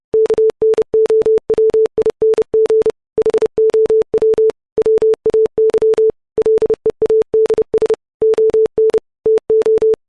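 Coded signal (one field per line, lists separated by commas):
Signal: Morse code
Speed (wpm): 30 wpm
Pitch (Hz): 440 Hz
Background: none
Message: KNOWING HOW WAY LEADS ON TO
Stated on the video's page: Software-generated Morse at 30 WPM, sine wave, 440 Hz pitch, 44100 Hz 16-bit wave file.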